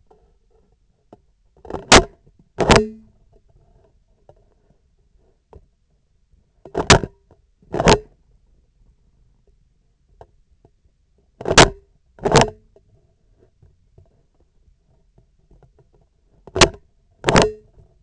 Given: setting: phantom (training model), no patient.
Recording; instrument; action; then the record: laparoscopic instrument, vibration sensor on the handle end; scissors; opening and closing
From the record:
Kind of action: tool actuation without material contact